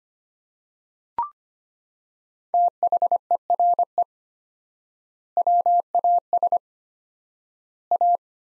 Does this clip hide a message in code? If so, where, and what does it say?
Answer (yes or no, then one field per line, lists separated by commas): yes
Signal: Morse code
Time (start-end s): 2.5-8.2 s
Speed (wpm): 25 wpm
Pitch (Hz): 700 Hz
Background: none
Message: THERE WAS A